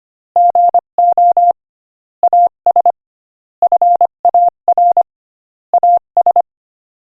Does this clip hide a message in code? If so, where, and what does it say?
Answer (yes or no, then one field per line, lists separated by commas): yes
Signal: Morse code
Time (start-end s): 0.4-6.4 s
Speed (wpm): 25 wpm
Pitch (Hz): 700 Hz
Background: none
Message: GO AS FAR AS